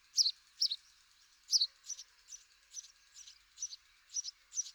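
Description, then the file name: House sparrow chirps, short bright notes repeated in irregular bursts, some fainter later, over a steady low hiss. "Passer domesticus"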